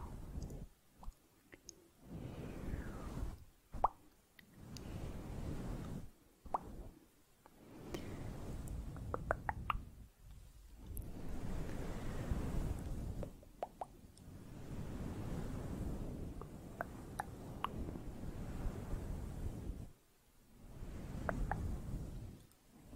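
Soft, slow mouth sounds recorded very close, with low, muffled rustling swells separated by brief silences. Small wet clicks and pops land every second or two, some crisp and bright, over a soft, dense rumble like brushing against a fuzzy microphone.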